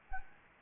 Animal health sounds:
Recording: mosquito wingbeat signal from an infrared sensor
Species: Anopheles gambiae

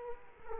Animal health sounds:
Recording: mosquito wingbeat signal from an infrared sensor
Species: Culex quinquefasciatus

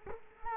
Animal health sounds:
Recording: mosquito wingbeat signal from an infrared sensor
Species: Culex quinquefasciatus

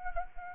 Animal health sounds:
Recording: mosquito wingbeat signal from an infrared sensor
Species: Anopheles arabiensis

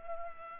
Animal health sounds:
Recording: mosquito wingbeat signal from an infrared sensor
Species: Culex pipiens

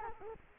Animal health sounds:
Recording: mosquito wingbeat signal from an infrared sensor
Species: Culex quinquefasciatus

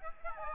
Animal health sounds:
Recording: mosquito wingbeat signal from an infrared sensor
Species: Aedes albopictus

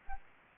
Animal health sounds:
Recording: mosquito wingbeat signal from an infrared sensor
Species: Aedes albopictus

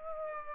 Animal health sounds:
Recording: mosquito wingbeat signal from an infrared sensor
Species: Aedes aegypti

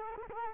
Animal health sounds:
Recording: mosquito wingbeat signal from an infrared sensor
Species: Culex quinquefasciatus

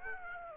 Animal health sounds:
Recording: mosquito wingbeat signal from an infrared sensor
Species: Aedes aegypti

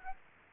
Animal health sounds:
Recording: mosquito wingbeat signal from an infrared sensor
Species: Aedes aegypti

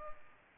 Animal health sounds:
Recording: mosquito wingbeat signal from an infrared sensor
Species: Culex pipiens

